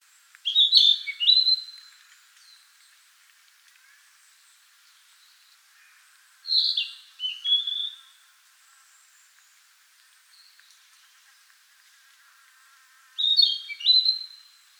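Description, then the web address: Narcissus flycatcher singing short, bright whistled phrases with quick slurred notes, each burst lasting about one to two seconds and repeated roughly every six seconds, with quiet background between phrases. Recorded 17 May 2014. "birdenaga kibitaki S 140517"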